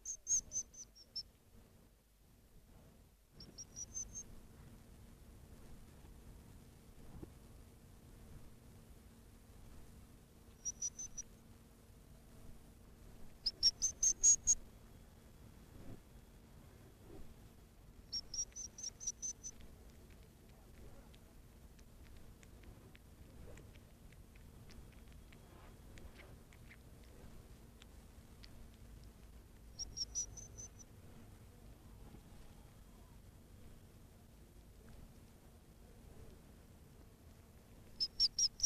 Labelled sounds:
West European Hedgehog (Erinaceus europaeus) call
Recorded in captivity
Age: juvenile
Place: Sachsen, DE
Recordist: Meyer, Hugo
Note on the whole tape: Pfeifen junger Igel

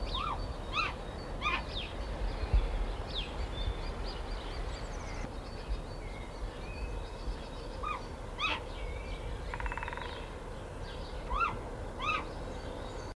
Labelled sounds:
Great Grey Owl (Strix nebulosa) call
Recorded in captivity
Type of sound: call
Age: adult
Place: Zoo Hannover, Niedersachsen, DE
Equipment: Halbspur, 9,5 cm/s
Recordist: Lütgens, Hans
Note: Rufe

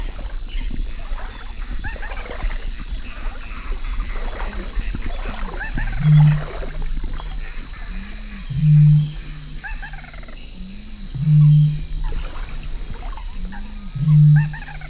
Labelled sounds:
Little Crake (Porzana parva) call
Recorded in the wild
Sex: female
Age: adult
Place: Kützerhof, Kummerower See, Mecklenburg-Vorpommern, DE
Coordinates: 53.8583, 12.85
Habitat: wetland
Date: 2009-05-05
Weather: heiter, fast windstill, 6°C
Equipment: Sound Devices 702, Sennheiser MKH 70, Rycote Windschutz
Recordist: Frommolt, Karl-Heinz

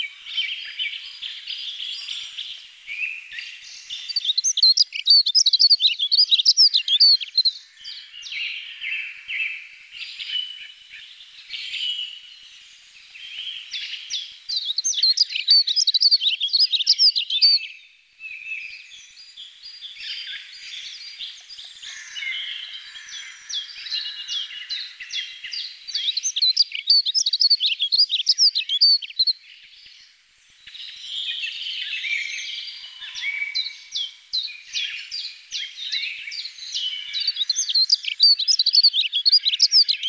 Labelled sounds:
Dunnock (Prunella modularis) song
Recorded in the wild
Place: Lilienhof / Kaiserstuhl, Baden-Württemberg, DE
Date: 1989-03-26
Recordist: Schwarz, Dieter
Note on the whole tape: Song

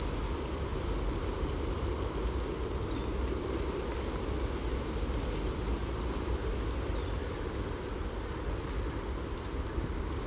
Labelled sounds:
European Green Woodpecker (Picus viridis) call
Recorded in the wild
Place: Schorfheide, Brandenburg, DE
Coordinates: 52.907, 13.531
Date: 1990-02-18
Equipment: Nagra III BH, Sennheiser MD 21, parabola
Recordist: Schubert, Michael
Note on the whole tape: Rufe Grünspecht

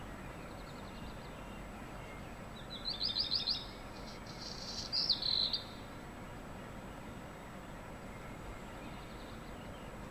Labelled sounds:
Black Redstart (Phoenicurus ochruros)
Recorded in the wild
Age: adult
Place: Untertweng, AT
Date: 1972-05-14
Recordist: Brunner, Thomas

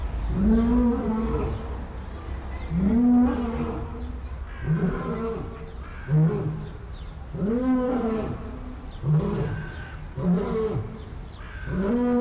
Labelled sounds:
Lion (Panthera leo)
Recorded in captivity
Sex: male
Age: adult
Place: Zoo Berlin, Berlin, DE
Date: 1993-03-06 13:10
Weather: 3-6 °C, heiter bis wolkig
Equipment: Marantz CP 430, Sennheiser ME 80, Kopie Uher Variocord 263
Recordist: Tembrock, Günter

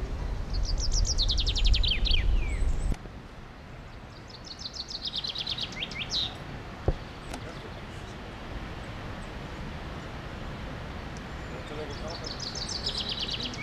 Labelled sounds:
Common Chaffinch (Fringilla coelebs) song
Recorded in the wild
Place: Garmisch-Partenkirchen, Bayern, DE
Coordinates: 47.4958, 11.1297
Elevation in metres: 943
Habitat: mountains
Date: 1980-03-29
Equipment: Uher 4000 Report, Sennheiser MKH 815 T
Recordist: Tretzel, Erwin

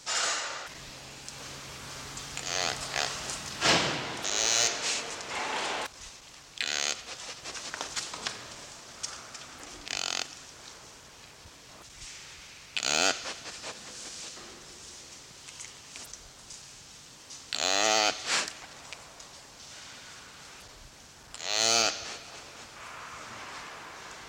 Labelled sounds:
Sitatunga (Tragelaphus spekii)
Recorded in captivity
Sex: male
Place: Zoo Berlin, Berlin, DE
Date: 1987-02-06 09:50
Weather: cloudy, windy 3°
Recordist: Tembrock, Günter

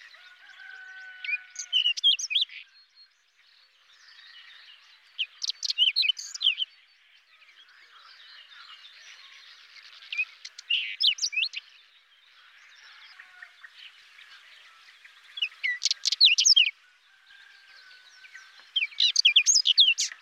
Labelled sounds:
Whinchat (Saxicola rubetra) song
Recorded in the wild
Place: Telehany, BY
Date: 2005-05-24
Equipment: Minidisc Sony MZ-R35, Telinga DAT, Telinga-Parabolspiegel
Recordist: Schwarz, Dieter

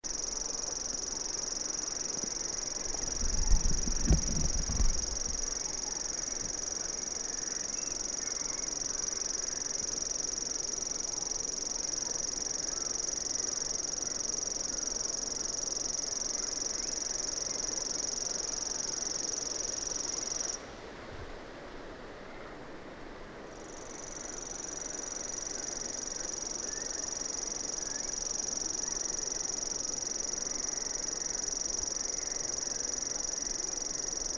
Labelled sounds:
Common Grasshopper Warbler (Locustella naevia) song
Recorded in the wild
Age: adult
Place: Peenemuende, Usedom, Mecklenburg-Vorpommern, DE
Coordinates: 54.1673, 13.7646
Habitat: grassland
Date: 2014-06-05 00:43
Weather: 12°C, weak wind
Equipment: Sound Devices 702, Sennheiser MKH 70, Rycote Windschutz
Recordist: Frommolt, Karl-Heinz

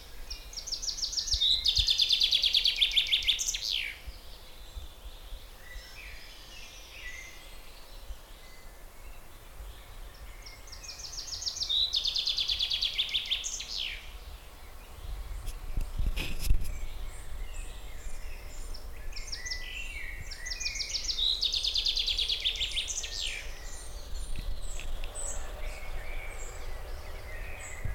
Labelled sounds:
Common Chaffinch (Fringilla coelebs)
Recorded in the wild
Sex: male
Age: adult
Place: Teufelssee, Berlin, DE
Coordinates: 52.42, 13.63
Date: 1989-05-19 19:30
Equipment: Uher 4400 Report Monitor, Sennheiser ME 80, K 30 AV
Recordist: Fischer, Stefan

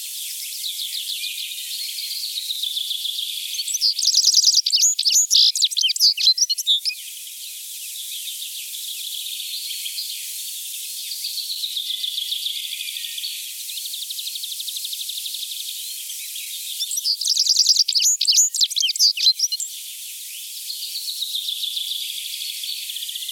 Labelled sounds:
Citril Finch (Carduelis citrinella) song
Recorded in the wild
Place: Kandel /Schwarzwald; Waldkirch, Baden-Württemberg, DE
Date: 1984-07-01
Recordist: Schwarz, Dieter
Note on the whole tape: Song

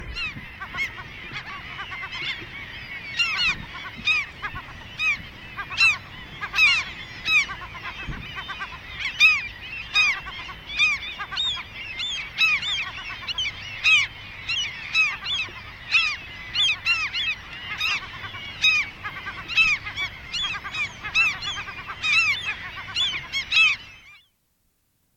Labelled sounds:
Common Gull (Larus canus) call, European Herring Gull (Larus argentatus) call
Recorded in the wild
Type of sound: call
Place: Langenwerder, Mecklenburg-Vorpommern, DE
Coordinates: 54.027, 11.493
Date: 1969-06-06
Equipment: Nagra III BH, Sennheiser MD 421
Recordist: Schubert, Michael
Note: Silber- und Sturmmöwen über den Nestern MD 421

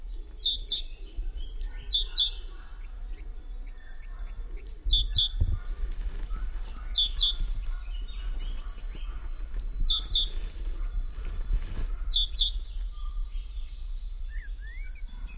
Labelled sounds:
Great Tit (Parus major) song
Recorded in the wild
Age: adult
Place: Praiano, Campania, IT
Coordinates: 40.7833, 14.5333
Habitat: Macchia
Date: 2004-04-04
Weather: 10°C, sunny, almost windless
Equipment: Tascam DA-P1, Sennheiser MKH 70, Windkorb
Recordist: Frommolt, Karl-Heinz

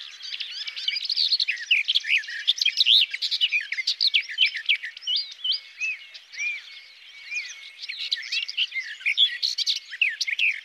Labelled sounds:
Garden Warbler (Sylvia borin) song
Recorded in the wild
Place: Waltershofen / Freiburg im Breisgau, Baden-Württemberg, DE
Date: 2009-05-10
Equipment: MiniDisc Sharp MT 20 H
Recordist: Schwarz, Dieter
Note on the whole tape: Song

